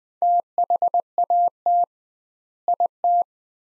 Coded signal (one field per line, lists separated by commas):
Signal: Morse code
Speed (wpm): 20 wpm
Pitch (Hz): 700 Hz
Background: none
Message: THAT IT